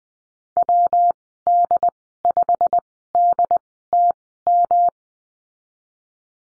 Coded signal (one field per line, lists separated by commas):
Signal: Morse code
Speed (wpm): 20 wpm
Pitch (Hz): 700 Hz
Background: none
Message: WD5DTM